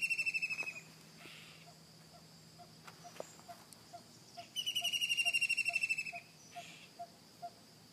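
White-throated kingfisher with a shrill chattering trill cut off at the start, then a full descending whinnying trill midway; faint rhythmic low pulses run underneath.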